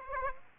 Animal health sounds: mosquito wingbeat signal from an infrared sensor; Aedes aegypti

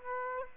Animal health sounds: mosquito wingbeat signal from an infrared sensor; Aedes aegypti

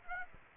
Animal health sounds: mosquito wingbeat signal from an infrared sensor; Aedes aegypti

